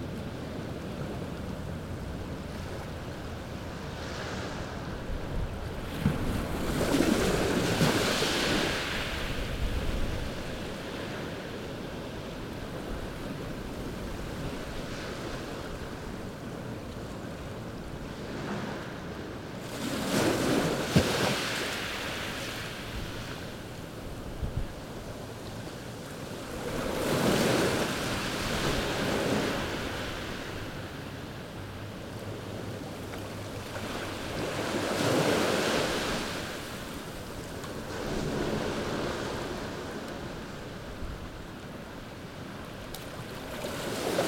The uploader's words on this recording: Natural Soundscape - Crashing Waves. Black Sand Beach Depoe Bay, OR.